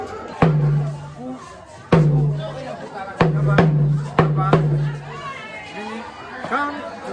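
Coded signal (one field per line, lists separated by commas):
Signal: talking drum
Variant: Ewe drum language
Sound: seven resonant low drum strokes, some paired, with voices talking between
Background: people talking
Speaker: together. That means hurry up, hurry up. Quick. Fast, fast, fast, fast. Together.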